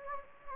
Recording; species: mosquito wingbeat signal from an infrared sensor; Anopheles gambiae